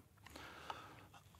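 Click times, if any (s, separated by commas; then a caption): 0.7 s. The bolt of a Beretta BRX1 rifle, with its two guide rails slotted into the receiver, is pushed forward with a soft sliding rustle and a few light knocks. A short, sharp click at 0.7 s marks the bolt locking into place, followed by faint handling noise.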